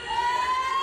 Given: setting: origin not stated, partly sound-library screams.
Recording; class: one-second piece from a danger detection set; woman in danger